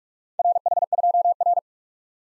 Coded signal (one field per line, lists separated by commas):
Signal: Morse code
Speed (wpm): 51 wpm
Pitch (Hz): 700 Hz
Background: none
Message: RH2R